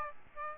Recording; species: mosquito wingbeat signal from an infrared sensor; Aedes aegypti